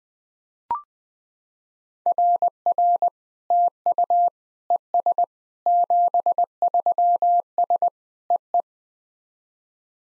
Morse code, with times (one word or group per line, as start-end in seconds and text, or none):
2.1-3.1 RR
3.5-4.3 TU
4.7-5.2 ES
5.7-7.9 73S
8.3-8.6 EE